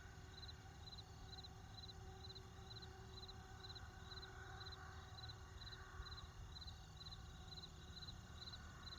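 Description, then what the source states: Crickets chirping in short high pulses repeated about twice a second, steady throughout, over a constant low rumble. Outdoor cricket ambience with distant traffic.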